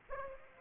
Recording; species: mosquito wingbeat signal from an infrared sensor; Aedes aegypti